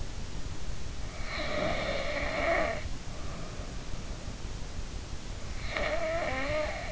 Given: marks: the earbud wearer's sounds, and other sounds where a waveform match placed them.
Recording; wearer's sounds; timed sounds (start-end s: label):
sounds in sleep by an in-ear microphone; snoring breath
1.27-2.83 s: snoring breath
5.43-6.92 s: snoring breath